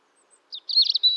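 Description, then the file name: European robin: a brief, high-pitched twittering phrase with a thin sustained whistle at the end. "Erithacus rubecula"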